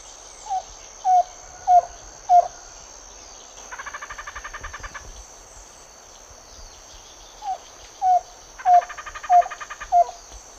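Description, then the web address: White-lored antpitta song: two runs of short hollow whistled notes about every half second, with a rapid buzzy trill between the runs and again overlapping the second run, over constant high insect hum. Two song types; eastern lowlands of South America. "Natures Songs S America Eastern Lowlands. Hylopezus fulviventris, 2 song types"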